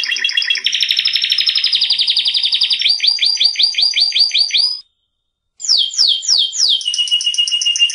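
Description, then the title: Atlantic canary singing a dense rolling trill that turns into quick repeated notes, a brief silence, then sharp descending whistles and a steady high trill. Champion canary, first place in a singing competition, described as 'gacor', singing constantly and vigorously. "Suara Kenari Gacor Suara Kicau Burung Kenari Gacor Juara 1 Tingkat N"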